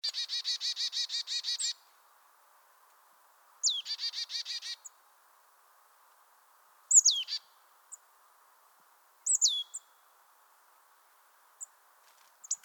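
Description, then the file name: Marsh tit giving two buzzy, scolding series of repeated notes, then sharp downslurred whistled notes with gaps of a few seconds, against near silence. "Poecile palustris"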